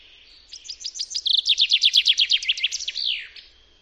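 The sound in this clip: Common chaffinch singing a rapid series of downslurred notes, the middle part louder and denser, ending with a slurred downward flourish.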